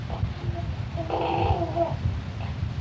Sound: baby cooing